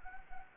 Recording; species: mosquito wingbeat signal from an infrared sensor; Anopheles gambiae